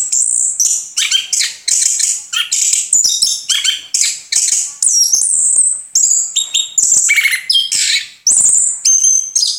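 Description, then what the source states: Orange-headed thrush song, a continuous run of high, varied chirps and whistles in quick bursts with short breaks between them. Orange-headed thrush (anis kembang) singing vigorously (gacor).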